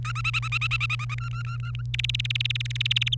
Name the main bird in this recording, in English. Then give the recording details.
Domestic Canary. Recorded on 1 May 2018 at 11:06. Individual llb3